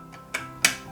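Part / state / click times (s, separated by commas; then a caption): magnetic armor piece onto model robot figure body / seated / 0.3 s, 0.6 s. A plastic armor piece held by a magnet is placed onto the body of a model robot figure. Two sharp snaps are heard at 0.3 s and 0.7 s, the second louder, as it meets the magnet. It seats and fits together perfectly.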